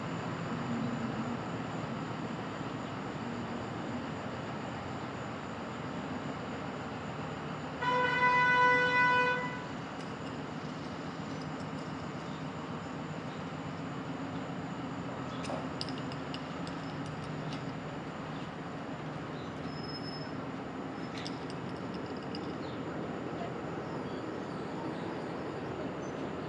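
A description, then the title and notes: Street traffic at dawn in Brooklyn, a steady low rumble with a faint high whine running throughout. Around eight to nine seconds a loud car horn blares, and later, near fifteen to twenty-two seconds, scattered light clicks and clinks sound over the hum. Street Traffic.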